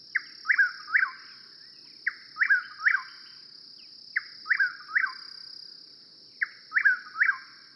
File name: Chuck will's widow